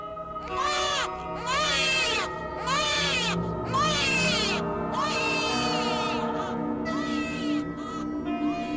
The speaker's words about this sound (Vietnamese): kệ nó, nó khóc một tí rồi nó mệt nó ngủ mà, trẻ con thì nó phải khóc chứ. Thế nhưng thằng chồng, con vợ vẫn cứ nghe tiếng con khóc não nề.